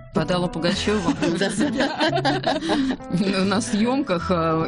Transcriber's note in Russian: все смеются